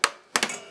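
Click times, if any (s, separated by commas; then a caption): 0.0 s, 0.4 s. A 2 GB DDR2 memory stick is pushed into a DIMM slot on a Dell Optiplex 360 desktop motherboard until the plastic retention clips snap shut on both ends. Two sharp clicks sound at about 0.0 s and 0.4 s, with a softer tick right after the second. The two clicks confirm the module is seated and installed properly.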